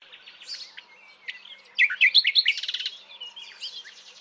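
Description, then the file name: Common nightingale song: varied whistled notes building into a loud rapid rattling trill, then softer repeated notes. "Luscinia megarhynchos"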